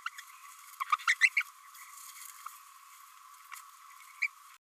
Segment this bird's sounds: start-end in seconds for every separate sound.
0.06-0.10, 0.80-0.85, 0.92-0.96, 1.07-1.15, 1.21-1.29, 1.36-1.43, 4.21-4.27